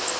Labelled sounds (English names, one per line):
Blackburnian Warbler flight call